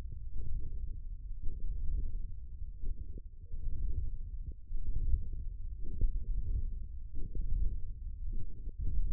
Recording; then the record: forearm muscle sounds (acoustic myography)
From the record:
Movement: hook grip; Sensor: system 1, eight BSWA MPA416 microphones around the upper forearm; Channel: 7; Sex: male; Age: 20 years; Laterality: left